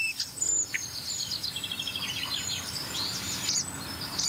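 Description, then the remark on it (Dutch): A barn swallow twitters in quick, high-pitched chirps and warbles that run almost without pause over a steady low rumble, with a few sharper squeaky notes mixed in. “Een boertje is boerenzwaluw.”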